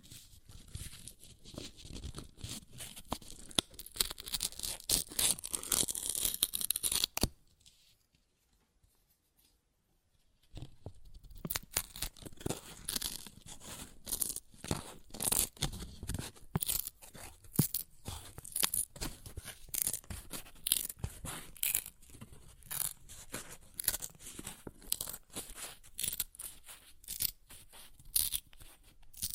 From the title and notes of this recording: ASMR Paper Ripping Tearing Sounds (No Talking).